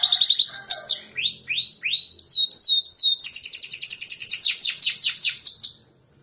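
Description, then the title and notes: Canary song opening with slurred sweeping whistles, then a long quick trill of descending notes that ends in silence. Master canary song, described as solid (mantap). "Suara Burung Kenari Masteran. master suara burung kenari mantap"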